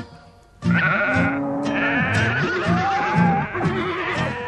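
Sheep or lambs bleat loudly and almost without pause for about four seconds, their wavering, nasal cries overlapping and shifting in pitch, with no one talking.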